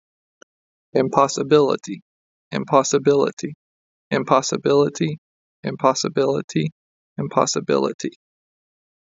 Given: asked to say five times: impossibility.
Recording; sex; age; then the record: repeated word; male; 30 to 39 years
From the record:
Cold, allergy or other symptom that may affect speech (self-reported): no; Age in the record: 32 years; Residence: New York, United States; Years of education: 16